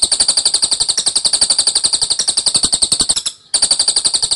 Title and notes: Tembakan Cililin Rapat Ngotot Durasi Panjang Suara Cililin Gacor Untuk Masteran Murai Batu. Master cililin